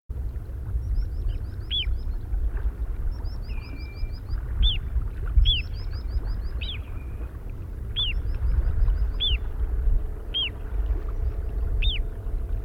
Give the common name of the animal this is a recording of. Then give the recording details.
Little Ringed Plover. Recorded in the wild. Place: Michaelsdorfer Wiesen, Insel Rügen, Mecklenburg-Vorpommern, DE. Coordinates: 54.36, 12.56. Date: 1967-05-10. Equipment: Nagra III BH, Sennheiser MD 21, parabola. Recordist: Schubert, Michael. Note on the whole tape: Flußregenpf. - Warnrufe/Hauptrufe